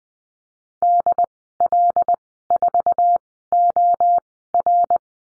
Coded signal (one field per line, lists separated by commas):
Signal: Morse code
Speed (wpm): 20 wpm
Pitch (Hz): 700 Hz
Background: none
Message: DL4OR